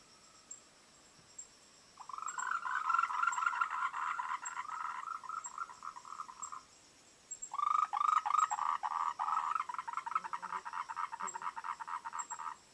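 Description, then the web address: Frog calls in two long bouts of rapid rattling pulses with a short pause between them, the second bout longer. "voice cam frogs"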